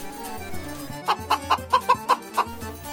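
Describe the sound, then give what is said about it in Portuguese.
A bantam rooster clucks in a quick series of about seven short, sharp bursts, clear and fairly loud over a low steady background hum. “o gatinho manhoso, o galinho garnizé.”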